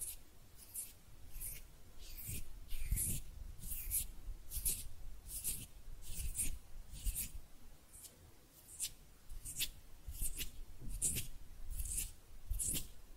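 Hand sounds: a steady series of dry, hissing rubs or brushes, repeating roughly every half to three-quarters of a second. Each stroke has a bright, airy swish on top and a soft low thump beneath, with a quiet, even pace throughout.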